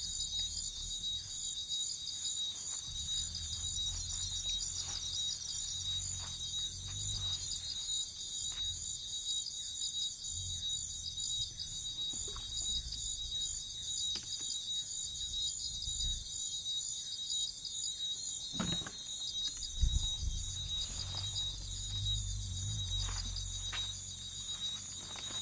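Insects chirr in a rainforest, a dense, steady, high-pitched pulsing that never lets up across the whole recording. Underneath, a soft low rumble drifts, and a few brief clicks and knocks break through, including a sharper one around twenty seconds.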